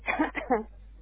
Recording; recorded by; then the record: voluntary cough; telephone call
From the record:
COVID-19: negative